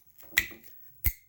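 A positive crimped metal contact is pushed into the plastic housing of a two-pole 12V DC battery quick connect plug. It snaps in with a sharp click at 0.4 s, followed by a second, quieter click at 1.1 s. The contact is seated in the connector housing.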